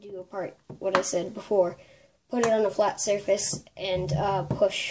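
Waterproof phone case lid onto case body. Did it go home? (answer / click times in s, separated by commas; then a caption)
no / none. Someone talks while handling a plastic Redpepper waterproof phone case, with its lid lying on the case body on a flat surface, ready to be pushed down by hand so the edge clicks closed. Nothing has seated or clicked yet.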